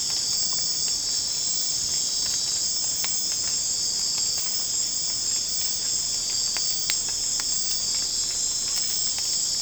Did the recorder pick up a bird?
no